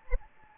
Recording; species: mosquito wingbeat signal from an infrared sensor; Anopheles gambiae